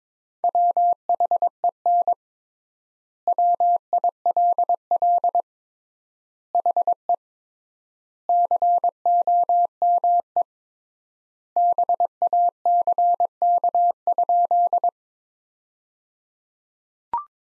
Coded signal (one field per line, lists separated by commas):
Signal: Morse code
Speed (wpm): 22 wpm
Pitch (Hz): 700 Hz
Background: none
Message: WHEN WILL HE COME BACK?